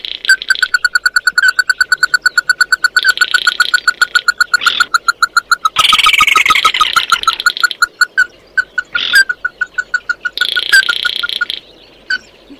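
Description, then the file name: Bird repeating clipped ringing notes several times a second through most, overlaid by loud rasping buzzy stretches. "Tieng chim mat do"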